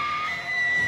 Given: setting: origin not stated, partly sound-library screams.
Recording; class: one-second piece from a danger detection set; woman in danger